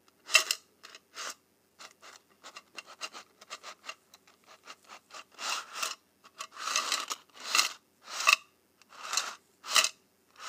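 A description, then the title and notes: Paperclips and safety pins are handled and rubbed together, making bright metallic scratches and rasps. Short clicks come quickly at first, then give way to longer scraping strokes every second or so after the five-second mark, with quiet gaps between. ASMR Paperclips and Safety Pins.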